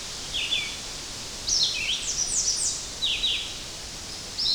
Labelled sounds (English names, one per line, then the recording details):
Red-eyed Vireo song
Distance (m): 25 m
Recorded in boreal forest in Alberta, Canada, on 10 June 2016 at 07:44
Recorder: SongMeter 3, array SBT-3-39
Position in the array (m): 196 m, 121 m